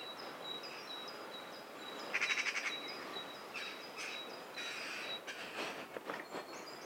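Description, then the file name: Eurasian magpie giving a brief rapid chattering rattle, then scattered harsh notes, while another bird repeats thin high whistles throughout. "Pica pica"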